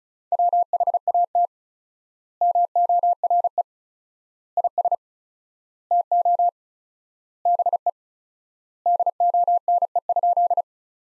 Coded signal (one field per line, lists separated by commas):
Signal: Morse code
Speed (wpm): 34 wpm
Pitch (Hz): 700 Hz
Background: none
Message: WHAT MORE IS TO BE DONE?